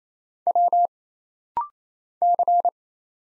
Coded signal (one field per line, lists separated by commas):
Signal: Morse code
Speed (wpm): 27 wpm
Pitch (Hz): 700 Hz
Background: none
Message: W C